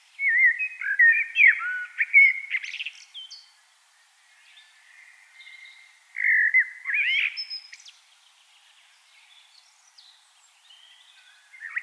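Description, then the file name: Common blackbird singing two mellow warbled phrases, each rising into a scratchy high flourish, separated by a few seconds of quiet. "Turdus merula"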